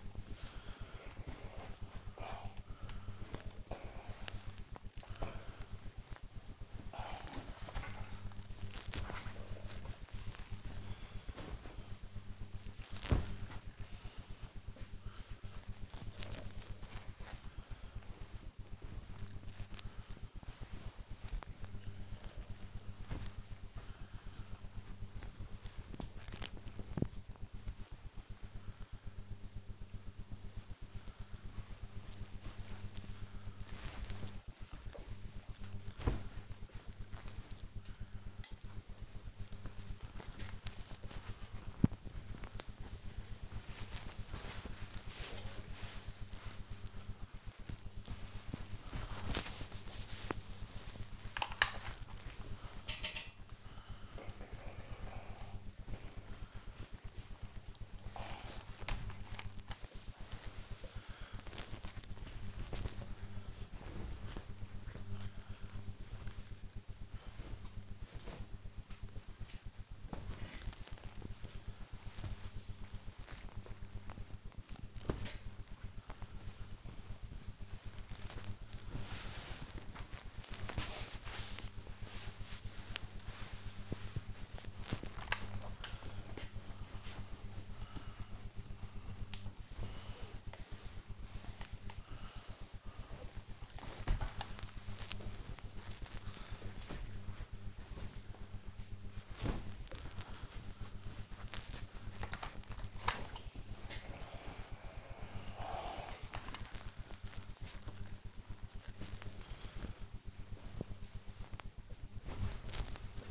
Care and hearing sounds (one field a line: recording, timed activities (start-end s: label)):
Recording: household activities, microphone on the right wrist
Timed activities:
0.00-113.31 s: ironing laundry